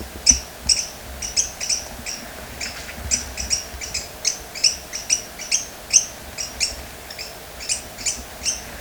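Bird calls, sharp high chirps, often paired, repeated briskly and irregularly, over a soft low hum.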